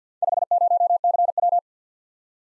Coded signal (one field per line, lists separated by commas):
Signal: Morse code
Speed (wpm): 50 wpm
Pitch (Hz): 700 Hz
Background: none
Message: 50CW